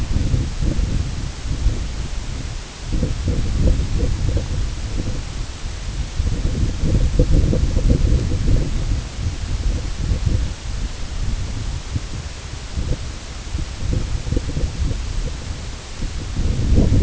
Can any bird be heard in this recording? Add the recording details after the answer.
no. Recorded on Arctic tundra, site IGLO-A, on 16 June 2018. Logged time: 13:59